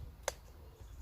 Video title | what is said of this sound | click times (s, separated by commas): How to make a Hanging Basket | the last one in let's make sure we hear that nice satisfying click | 0.3 s